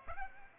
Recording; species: mosquito wingbeat signal from an infrared sensor; Aedes aegypti